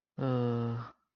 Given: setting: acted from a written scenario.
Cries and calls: vocal sound without words; embarrassment

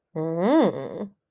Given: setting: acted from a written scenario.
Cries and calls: vocal sound without words; desire

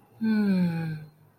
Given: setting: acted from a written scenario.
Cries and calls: vocal sound without words; ecstasy

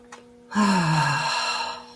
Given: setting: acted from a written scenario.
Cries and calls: vocal sound without words; serenity

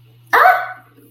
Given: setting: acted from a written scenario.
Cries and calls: vocal sound without words; fear

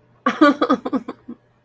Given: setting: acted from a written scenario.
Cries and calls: vocal sound without words; amusement

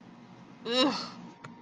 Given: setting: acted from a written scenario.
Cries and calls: vocal sound without words; disgust

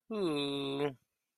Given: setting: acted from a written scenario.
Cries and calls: vocal sound without words; guilt

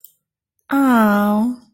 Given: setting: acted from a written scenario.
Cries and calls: vocal sound without words; adoration

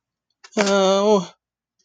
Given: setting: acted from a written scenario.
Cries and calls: vocal sound without words; fear

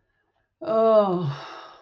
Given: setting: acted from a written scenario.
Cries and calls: vocal sound without words; ecstasy

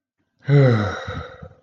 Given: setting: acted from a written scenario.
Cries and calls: vocal sound without words; contentment

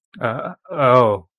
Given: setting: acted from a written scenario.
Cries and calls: vocal sound without words; embarrassment

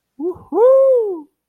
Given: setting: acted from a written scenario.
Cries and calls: vocal sound without words; ecstasy

